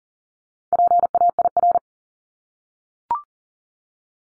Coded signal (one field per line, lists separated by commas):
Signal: Morse code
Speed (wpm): 38 wpm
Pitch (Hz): 700 Hz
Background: none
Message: PAIR